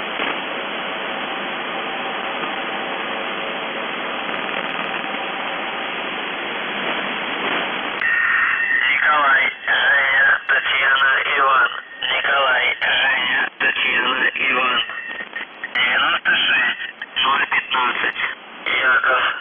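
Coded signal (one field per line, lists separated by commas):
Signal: numbers station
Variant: UVB-76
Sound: hiss of shortwave static, then a male voice reading words through noisy radio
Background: radio static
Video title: The Buzzer/UVB-76(4625Khz) June 24, 2021 07:54UTC Voice message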